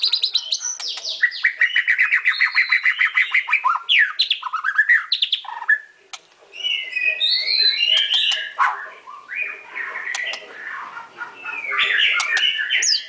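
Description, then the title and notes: White-rumped shama song: fast rattling trills, then swooping whistles and chattering phrases, varied and continuous with a brief pause midway. Training song (masteran). "Murai Batu Album 01. Masteran Murai Batu"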